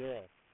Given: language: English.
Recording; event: throat vibration sensor signal played as sound; speech